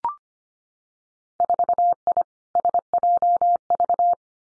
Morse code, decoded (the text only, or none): 4I SJV